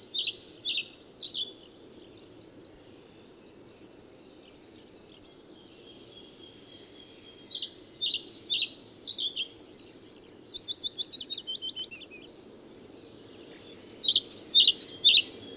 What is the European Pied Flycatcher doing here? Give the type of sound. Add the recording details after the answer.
song. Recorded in the wild. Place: Putbus, Insel Rügen, Mecklenburg-Vorpommern, DE. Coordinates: 54.382, 13.483. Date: 1977-05-10. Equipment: Nagra III BH, Sennheiser MD 21, parabola. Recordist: Schubert, Michael. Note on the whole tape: Gesang Trauerschnäpper